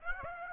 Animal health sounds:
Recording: mosquito wingbeat signal from an infrared sensor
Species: Aedes aegypti

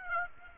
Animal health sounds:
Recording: mosquito wingbeat signal from an infrared sensor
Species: Aedes aegypti

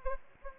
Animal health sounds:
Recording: mosquito wingbeat signal from an infrared sensor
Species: Anopheles arabiensis

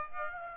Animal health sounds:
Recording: mosquito wingbeat signal from an infrared sensor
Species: Aedes aegypti

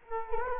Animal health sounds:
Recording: mosquito wingbeat signal from an infrared sensor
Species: Culex quinquefasciatus

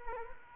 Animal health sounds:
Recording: mosquito wingbeat signal from an infrared sensor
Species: Culex quinquefasciatus

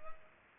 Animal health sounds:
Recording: mosquito wingbeat signal from an infrared sensor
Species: Culex pipiens

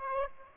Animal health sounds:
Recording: mosquito wingbeat signal from an infrared sensor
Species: Aedes aegypti

